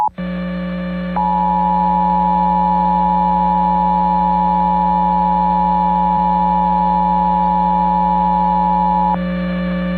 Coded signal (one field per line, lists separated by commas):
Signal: Emergency Alert System (SAME) tones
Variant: 853 and 960 Hz attention tone